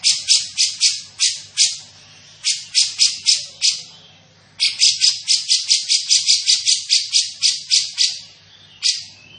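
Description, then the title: Grey-cheeked bulbul uttering scratchy, rattling notes in fast bursts separated by short silences. Described as gacor (actively vocal), with a dense, clear voice. "Cucak Jenggot Gacor 1. Cucak Jenggot Gacor, Suara Rapat Dan Jernih"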